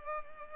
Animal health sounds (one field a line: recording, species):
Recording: mosquito wingbeat signal from an infrared sensor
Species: Culex pipiens